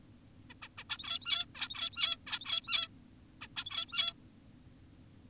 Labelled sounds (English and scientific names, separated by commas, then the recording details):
Zebra Finch (Taeniopygia guttata)
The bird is an adult
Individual g17y2U